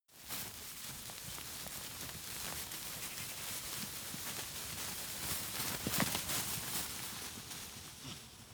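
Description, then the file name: Goat moving through tall grass: steady dry rustling and swishing throughout, with a few sharper crackles around the six-second mark. "goat movement grass tall"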